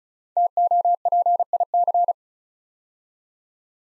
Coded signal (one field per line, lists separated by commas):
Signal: Morse code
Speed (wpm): 36 wpm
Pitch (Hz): 700 Hz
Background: none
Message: TOPIC